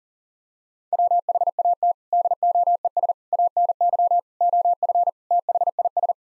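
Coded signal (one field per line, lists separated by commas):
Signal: Morse code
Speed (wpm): 37 wpm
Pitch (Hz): 700 Hz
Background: none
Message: WHAT DOES ANY OF THIS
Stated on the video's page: Head-copy drill of nine-word common word groups sent at 40 wpm, each set sent twice.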